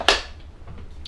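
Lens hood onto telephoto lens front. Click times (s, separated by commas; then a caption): 0.1 s. A plastic lens hood is twisted onto the front of a telephoto lens until its small locking button clicks into place with a sharp, bright click at 0.1 s. The hood is seated, and a faint tick follows near the end of the clip.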